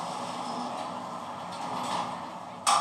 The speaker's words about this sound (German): Ein Aufzug, die Türen öffnen sich.